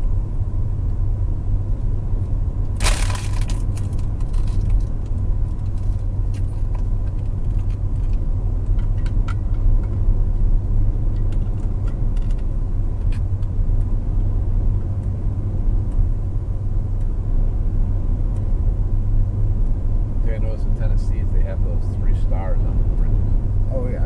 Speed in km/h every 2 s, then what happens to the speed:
127, 127, 127, 129, 129, 129, 129, 129, 129, 129, 129, 129.
0-24 steady at about 129.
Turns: none.